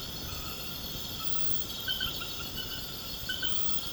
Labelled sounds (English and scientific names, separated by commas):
none